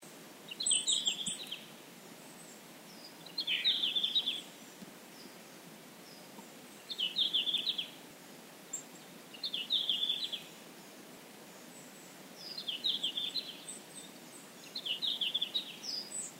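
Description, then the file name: Red-flanked bluetail song: short, high warbled phrases repeated about every three seconds against a steady background hiss. "ruribitaki"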